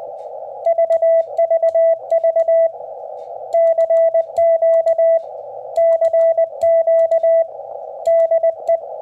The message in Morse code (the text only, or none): VVV CQ CQ DE